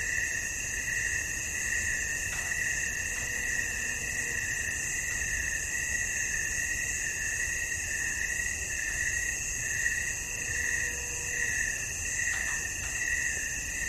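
Crickets: a constant high trill with gentle pulsing, broken by a few sharp clicks and a faint low tone now and then.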